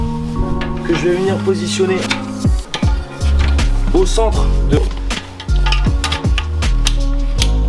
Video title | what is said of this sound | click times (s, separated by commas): Terrasse céramique sur plots avec le système profildeck ( Jouplast). | Vous entendez bien les clips, je positionne bien ça au centre. | 6.4 s, 6.9 s, 7.4 s